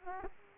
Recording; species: mosquito wingbeat signal from an infrared sensor; Aedes aegypti